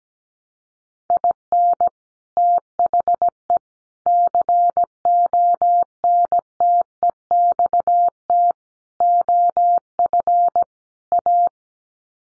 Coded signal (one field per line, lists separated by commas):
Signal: Morse code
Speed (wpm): 17 wpm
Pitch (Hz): 700 Hz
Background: none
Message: IN THE CONTEXT OF A